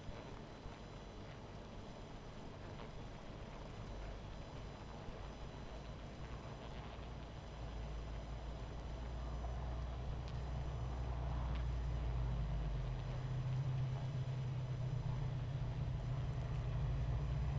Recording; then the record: honeybee colony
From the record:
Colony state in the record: missing queen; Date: 14 July 2017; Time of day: 19:56